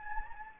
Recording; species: mosquito wingbeat signal from an infrared sensor; Anopheles gambiae